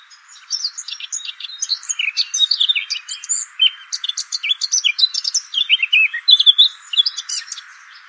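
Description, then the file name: Eurasian blackcap song, a rapid run of varied warbling notes and clear whistles, with dense chattering phrases that swell and fade over about eight seconds. "Sylvia atricapilla"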